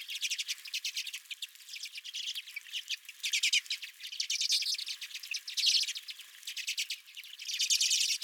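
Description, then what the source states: Redpolls twittering steadily, fast chattering trills and buzzy notes from several birds, loudness swelling and fading. Several redpolls at the recordist's feeder.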